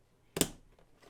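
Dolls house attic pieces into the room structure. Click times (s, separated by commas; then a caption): 0.4 s. Dolls house kit attic pieces are pressed into the room structure and snap into place with a sharp click at 0.4 s. The click is followed by a brief bright ring that fades over a quiet background, and the pieces are confirmed seated.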